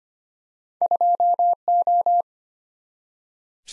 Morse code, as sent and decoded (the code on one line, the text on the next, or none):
..--- ---
2O